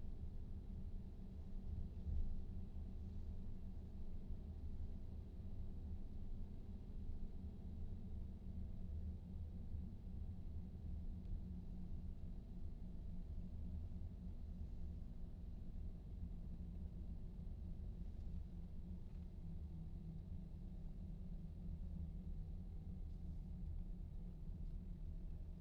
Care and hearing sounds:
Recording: everyday scene through a hearing-aid microphone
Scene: in a vehicle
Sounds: engine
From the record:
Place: VW T5 Caravelle, diesel engine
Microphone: in the ear canal, right

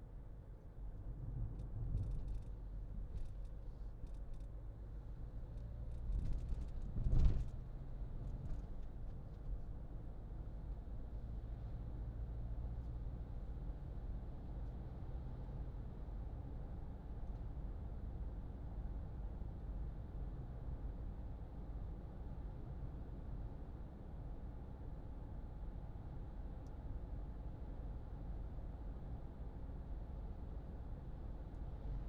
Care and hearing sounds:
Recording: everyday scene through a hearing-aid microphone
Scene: in a vehicle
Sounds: engine, highway driving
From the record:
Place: Berlingo II, diesel engine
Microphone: in the ear canal, left

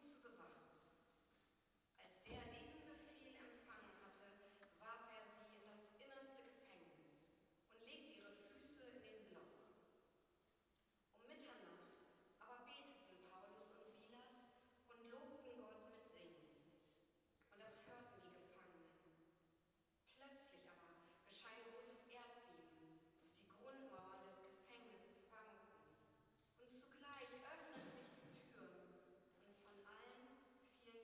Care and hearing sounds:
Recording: everyday scene through a hearing-aid microphone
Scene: reverberant space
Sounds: speech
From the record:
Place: church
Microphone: in the ear canal, right

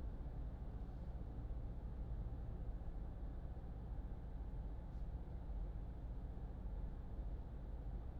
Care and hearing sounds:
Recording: everyday scene through a hearing-aid microphone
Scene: in a vehicle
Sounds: engine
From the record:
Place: Berlingo II, diesel engine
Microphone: in the ear canal, left

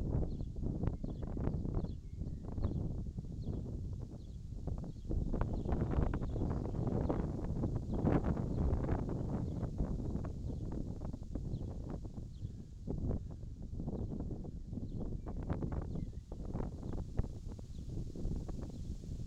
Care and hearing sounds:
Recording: everyday scene through a hearing-aid microphone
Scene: wind on the microphone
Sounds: wind, birds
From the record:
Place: in front of a rural house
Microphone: in the ear canal, left

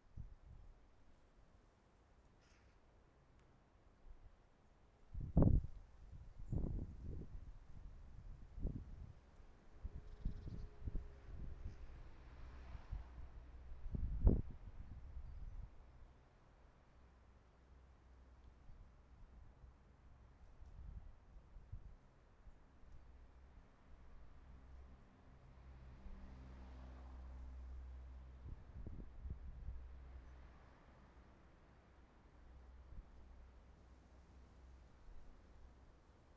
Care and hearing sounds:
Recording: everyday scene through a hearing-aid microphone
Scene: wind on the microphone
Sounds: wind, traffic, birds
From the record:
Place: suburban garden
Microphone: behind the ear, right, front

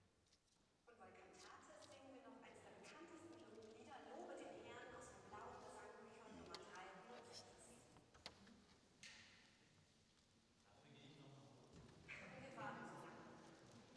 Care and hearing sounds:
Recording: everyday scene through a hearing-aid microphone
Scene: reverberant space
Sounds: speech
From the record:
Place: church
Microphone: in the ear canal, right

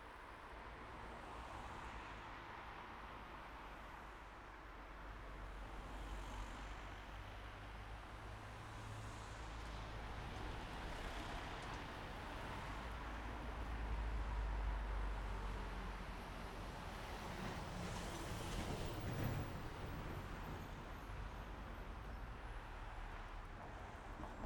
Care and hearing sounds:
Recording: everyday scene through a hearing-aid microphone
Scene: in traffic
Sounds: traffic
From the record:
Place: main road on the outskirts, rush hour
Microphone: behind the ear, right, rear

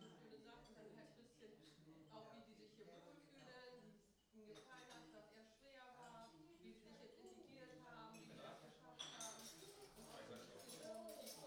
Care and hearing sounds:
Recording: everyday scene through a hearing-aid microphone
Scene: many people talking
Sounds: many voices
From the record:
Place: parish hall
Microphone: in the ear canal, right

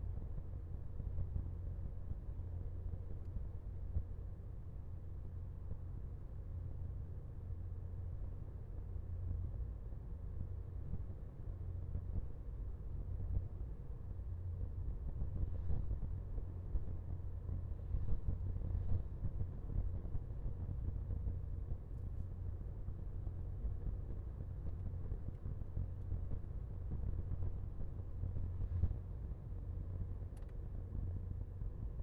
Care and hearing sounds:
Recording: everyday scene through a hearing-aid microphone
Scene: in a vehicle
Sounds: engine, highway driving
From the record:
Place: Skoda Fabia, gasoline engine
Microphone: behind the ear, left, rear

